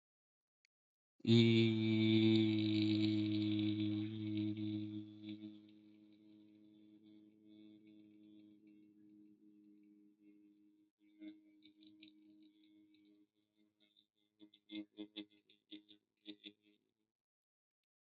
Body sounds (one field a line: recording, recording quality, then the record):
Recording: sustained vowel as in beet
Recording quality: excellent, no background noise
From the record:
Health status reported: healthy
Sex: male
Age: 26 years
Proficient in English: yes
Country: India